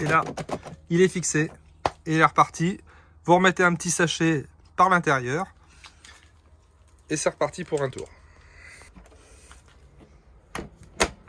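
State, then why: Seated. Someone talks, then the outside access hatch of a toilet cassette is closed into the campervan wall. Its two latches click at 10.6 s and 11.0 s, and the hatch is latched shut.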